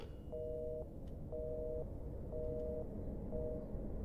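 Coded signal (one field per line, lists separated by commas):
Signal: telephone call progress tone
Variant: North America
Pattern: busy tone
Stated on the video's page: From Resident Evil Village gameplay.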